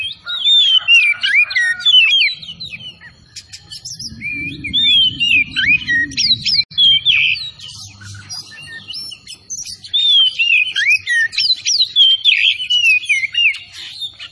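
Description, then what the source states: Oriental magpie-robin singing continuously, a busy tumbling stream of whistled, slurred and chattering phrases, with a brief low rumble in the middle. Singing vigorously, described as gacor; the bird is a kacer of the Tretes type.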